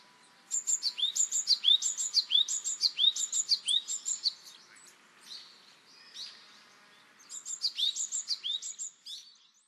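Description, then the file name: Japanese tit singing a ringing two-note phrase, a high note dropping to a lower one, repeated rapidly in two long runs with a quieter break between. Recorded in Kunitachi on 24 March 2007. "shijukara 070324 kunitachi"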